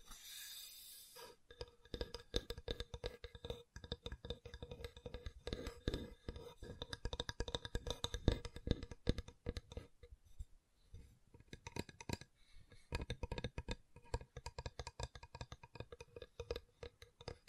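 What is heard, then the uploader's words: Wood triggers sound as dense, irregular tapping and clicking throughout, after a brief opening hiss, with a short lull near ten seconds. ASMR Calming Wood Triggers for Sleep (No Talking).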